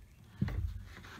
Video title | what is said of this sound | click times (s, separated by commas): Coil (CoP) Replacement; 2011 thru 2021 5.0L & 2016 thru 2022 5.2L Engines | and that'll click just a little bit too | 0.5 s